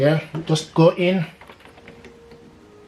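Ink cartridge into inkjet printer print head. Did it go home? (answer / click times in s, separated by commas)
no / none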